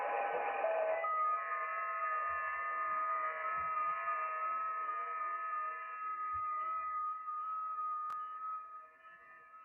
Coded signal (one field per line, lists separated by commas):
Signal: FT8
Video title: Danny Shortwave And Radio DX Live Stream #182 12/21/2024 FT4 FT8 SSB DMR C4FM Shortwave Ham Radio